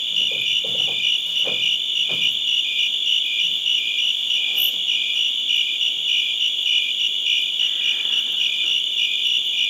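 Cricket chorus of steady high chirps, with a few brief low knocks early on.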